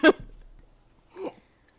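Very loud hiccups from an adult man.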